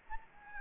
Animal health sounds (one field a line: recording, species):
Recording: mosquito wingbeat signal from an infrared sensor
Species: Anopheles gambiae